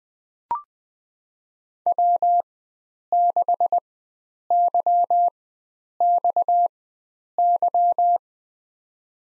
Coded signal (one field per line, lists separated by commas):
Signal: Morse code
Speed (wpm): 20 wpm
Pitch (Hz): 700 Hz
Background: none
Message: W6YXY